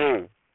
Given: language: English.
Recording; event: throat vibration sensor signal played as sound; speech